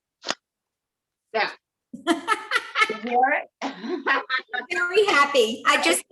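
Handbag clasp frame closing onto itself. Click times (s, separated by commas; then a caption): 0.3 s. A handbag's clasp frame, pulled outward to open, is pushed closed by hand and snaps shut onto itself with a short, sharp snap at 0.3 s, confirming it has seated. After a pause, someone talks.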